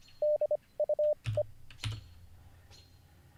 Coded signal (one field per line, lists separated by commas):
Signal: Morse code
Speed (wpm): 25 wpm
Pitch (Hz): 600 Hz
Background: none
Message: DUE